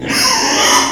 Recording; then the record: squeal of a Yucatan mini pig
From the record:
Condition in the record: before surgery on the right vocal fold (resection and tissue-engineered implant); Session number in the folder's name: 2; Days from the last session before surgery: 0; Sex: male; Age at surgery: 12 weeks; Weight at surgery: 13 kg